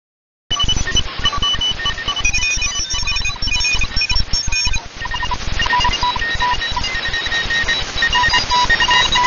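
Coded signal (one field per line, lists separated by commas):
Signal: unidentified radio signal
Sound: rapid chirpy beeps jumping between several pitches, continuous over hissing static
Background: radio static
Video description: Beeping, Chirping Sound Effects. 2017-06-26T13_52_20Z_14015.0kHz Shortwave Capture by Cheaptoyman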